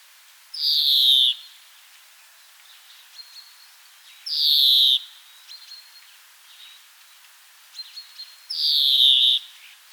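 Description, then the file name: European greenfinch giving long, buzzy, downward-sliding wheezes, three about four seconds apart, with faint short chirps in between. "Chloris chloris"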